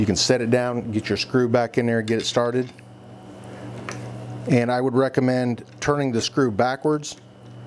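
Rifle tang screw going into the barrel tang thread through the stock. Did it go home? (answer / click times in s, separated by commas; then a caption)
no / none. Someone talks while the tang screw of a Pedersoli 1861 Springfield Rifled Musket muzzleloader is set back into the stock, through it into the barrel tang thread, and started turning backwards so the threads engage properly with less risk of cross-threading. Low handling noise fills a pause between the talk, with one brief sharp sound near 3.9 s. Nothing has seated or clicked yet.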